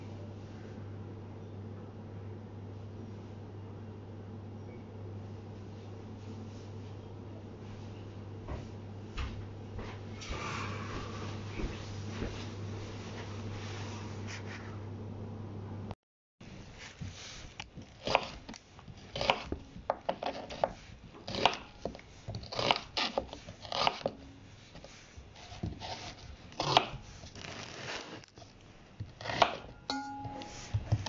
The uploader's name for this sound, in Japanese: 生活音